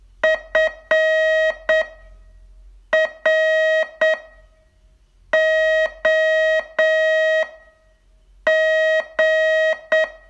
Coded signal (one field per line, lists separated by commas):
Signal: Morse code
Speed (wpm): 8 wpm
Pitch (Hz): 630 Hz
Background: none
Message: FROG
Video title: Learn Morse in 42 Days from VU2LAU - day 26 test